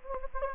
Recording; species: mosquito wingbeat signal from an infrared sensor; Anopheles gambiae